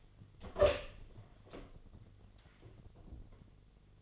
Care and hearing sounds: daily activity, microphone in the room; open door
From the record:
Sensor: 4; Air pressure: 1008.0 hPa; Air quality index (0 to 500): 180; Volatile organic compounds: 5 ppm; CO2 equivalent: 1800 ppm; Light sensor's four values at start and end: 24/77/29/29 and 23/73/28/26

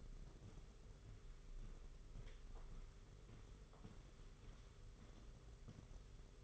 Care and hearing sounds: daily activity, microphone in the room; walk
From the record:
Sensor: 4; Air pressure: 991.5 hPa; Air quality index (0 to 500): 138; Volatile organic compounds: 56 ppm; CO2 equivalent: 3375 ppm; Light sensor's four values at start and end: 22/74/27/28 and 22/73/27/28

